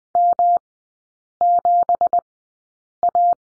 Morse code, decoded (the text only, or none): M7A